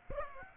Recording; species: mosquito wingbeat signal from an infrared sensor; Aedes aegypti